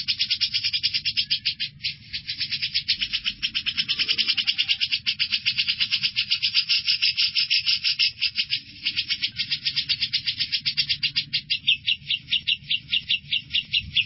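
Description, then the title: Grey-cheeked bulbul song: a long, dense stream of rapid high chips that slows into a more distinct, evenly spaced rattle near the end, with a soft low hum beneath. "Cucak Jenggot"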